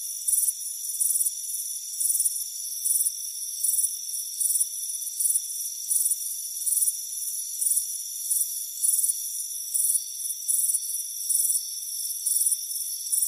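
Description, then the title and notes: Crickets chirping in high, pulsed bursts, roughly one or two each second, over a steady high-pitched insect drone. Crickets chirping on a front porch on a warm afternoon. "Soothing Crickets Chirping Sound. It's a warm afternoon as you relax in a hammock on the front porch. Relax and fall asleep to the soothing sound of chirping crickets. Deep Sleep Sounds"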